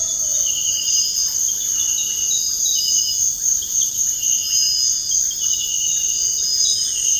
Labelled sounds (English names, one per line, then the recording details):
Russet-backed Oropendola
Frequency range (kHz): Russet-backed Oropendola 0.2-2.7 kHz
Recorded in dense forest near Puerto Asís, Putumayo, Colombia, on 20 February 2024 at 06:00
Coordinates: 0.485, -76.325
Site G6429